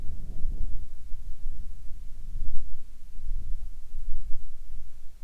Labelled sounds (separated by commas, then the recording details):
wind
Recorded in the Arctic National Wildlife Refuge, Alaska, on 7 July 2019 at 18:33
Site 41